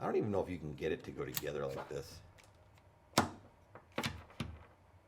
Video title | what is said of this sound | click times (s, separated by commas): ANSgear Overview - First Strike .50 cal Roscoe Revolver | yeah it won't it won't even lock it doesn't latch up at the top here if that's not the other way around | none